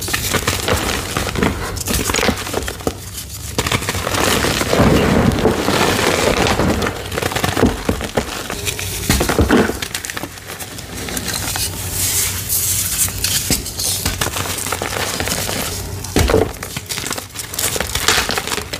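Blocks of gym chalk are crushed nonstop, a dense run of crumbly crunches and gritty crackles with no pauses. Sharp snaps punctuate the grinding every second or so, with heavier, fuller squeezes around five and sixteen seconds.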